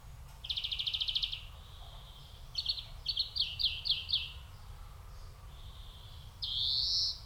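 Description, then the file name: European greenfinch calls, a rapid trill, then a run of twittering notes, ending in a long buzzy wheeze. "Chloris chloris"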